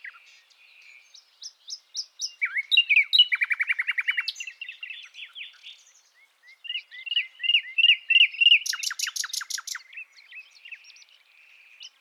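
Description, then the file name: Common nightingale singing varied phrases: sweet whistles, then a rapid loud trill of repeated notes, rising slurred notes, and a fast rattling burst near the end. "Luscinia megarhynchos"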